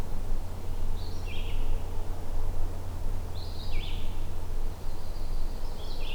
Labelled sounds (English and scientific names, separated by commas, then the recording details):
Red-eyed Vireo (Vireo olivaceus) song
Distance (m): 65 m
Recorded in boreal forest in Alberta, Canada, on 21 June 2016 at 08:58
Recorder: SongMeter 3, array SBT-6-76
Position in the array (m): 190 m, 83 m